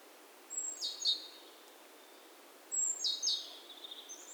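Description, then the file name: Great tit giving two call bursts, each a sharp high note followed by buzzy descending chatter, a faint high squeak at the end. "Parus major"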